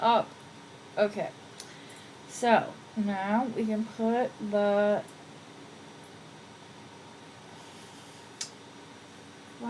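Someone talks while trying to close a metal jewelry clasp from the first batch onto its mating end, with only faint short taps and light handling sounds between the words. The clasp has not clicked shut; it fails to give a click.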